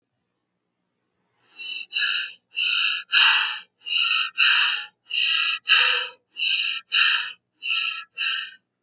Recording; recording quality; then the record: shallow breathing; excellent, no background noise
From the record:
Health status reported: healthy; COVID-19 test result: negative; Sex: female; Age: 46 years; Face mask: not worn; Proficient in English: yes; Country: United States